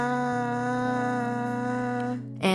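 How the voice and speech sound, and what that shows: A steady, nasal, vowel-like hum is held for about two seconds at an even pitch, then ends with a brief, louder, higher-pitched sound. No words are formed. It is a nonverbal vocalization from a girl whose very rare speech disorder makes it impossible for her to speak, though she can still make sounds.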